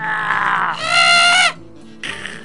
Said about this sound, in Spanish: Los monstruos jadeaban como cerdos degollados.